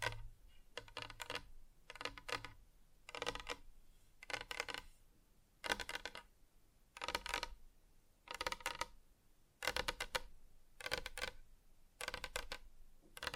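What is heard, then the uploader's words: Fingertips tap on different surfaces in short bursts of quick, bright clicks, each flurry lasting under a second with brief quiet gaps between. The bursts come roughly every second across the whole stretch, some crisp and sharp, others duller and softer, with no talking. ASMR Just Tapping (Different Surfaces No Talking).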